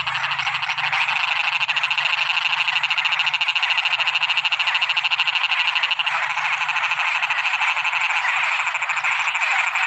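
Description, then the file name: Frogs calling in a massed chorus, fast pulsing rattles over a constant buzzy background of other croakers. Toads and frogs calling in the evening. "Tieng coc nhai keu vao buoi toi"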